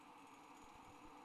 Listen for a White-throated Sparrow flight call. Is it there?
no